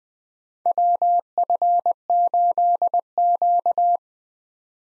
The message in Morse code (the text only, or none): WF8Q